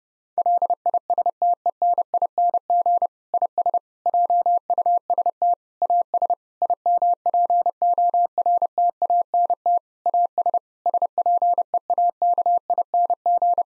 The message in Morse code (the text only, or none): LISTENING IS JUST AS IMPORTANT AS SPEAKING